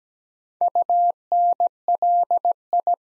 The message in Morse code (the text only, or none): UNLI